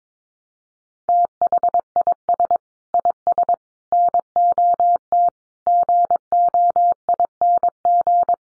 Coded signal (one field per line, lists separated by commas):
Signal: Morse code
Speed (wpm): 22 wpm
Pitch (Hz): 700 Hz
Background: none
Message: THIS IS NOT GOING